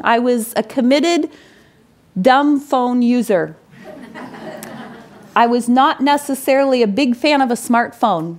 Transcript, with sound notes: I was a committed "dumb phone" user. (laughter) I was not necessarily a big fan of a smart phone.